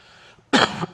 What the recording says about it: That cough right there. You hear that deep thing?